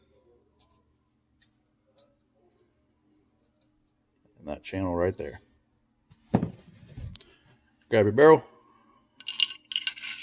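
A metal barrel is set and dropped into the slide of a CZ P10 F striker-fired pistol during a quick cleaning and reassembly. Someone talks between soft metallic ticks and clinks, with a burst of metallic rattling toward the end. The barrel has not yet been pushed back to lock, and nothing has clicked into place yet.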